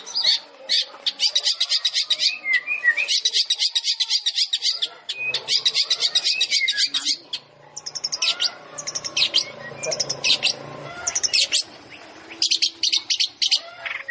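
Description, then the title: Long-tailed shrike song: dense, rapid high chattering phrases, broken by short gaps, with scratchy and whistled notes mixed in. Long-tailed shrike song compiled as a masteran training track for other shrikes, featuring full tembakan (rapid bursts). "MASTERAN TERBAIK CENDET FULL TEMBAKAN"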